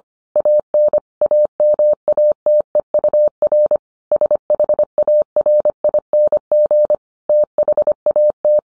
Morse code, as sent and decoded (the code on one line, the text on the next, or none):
.- -. / .- -- .- - . ..- .-. / ... .... .- .-. .. -. --. / - .... .- -
AN AMATEUR SHARING THAT